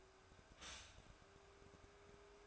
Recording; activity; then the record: daily activity, microphone in the room; stop toaster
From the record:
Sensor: 2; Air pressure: 1014.5 hPa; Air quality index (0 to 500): 194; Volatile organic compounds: 19 ppm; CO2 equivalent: 2654 ppm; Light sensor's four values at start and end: 4/10/3/4 and 4/10/3/4